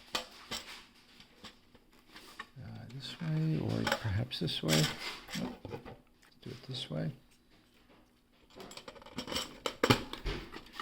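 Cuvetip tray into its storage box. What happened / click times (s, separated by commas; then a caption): Plastic tray handled and tried in different orientations, not yet seated / none. A plastic Cuvetip tray is handled and tried in a couple of orientations against its plastic box while someone talks, with light plastic knocks and rattles throughout. The clip ends before the tray goes into the box, so nothing has seated or clicked yet.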